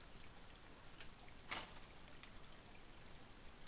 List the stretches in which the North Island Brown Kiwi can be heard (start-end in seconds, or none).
none